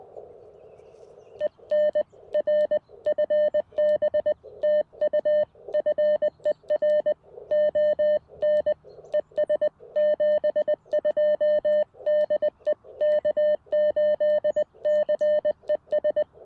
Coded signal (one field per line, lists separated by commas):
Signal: Morse code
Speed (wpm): 20 wpm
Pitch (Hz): 590 Hz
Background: none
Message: EN R FB TU FER ON ES 72 DE K8CES